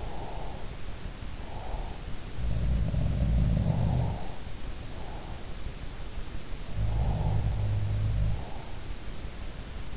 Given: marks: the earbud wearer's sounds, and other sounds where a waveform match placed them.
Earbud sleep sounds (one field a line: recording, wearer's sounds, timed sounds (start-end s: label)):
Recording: sounds in sleep by an in-ear microphone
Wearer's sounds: breath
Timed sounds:
0.00-2.08 s: breath
2.08-4.40 s: sound from someone else or the room
6.59-8.63 s: sound from someone else or the room